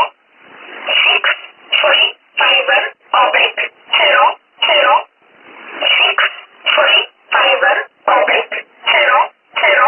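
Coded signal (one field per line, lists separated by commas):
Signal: numbers station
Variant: E11 Oblique, English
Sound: a voice reading short words at an even pace through narrow, slightly muffled radio audio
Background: radio static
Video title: 06 10 2017 Numbers station E11 Oblique in English to Eu 0710 on 9963 unknown tx site in USB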